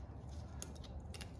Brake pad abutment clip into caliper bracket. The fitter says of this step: they just sort of snap into place, one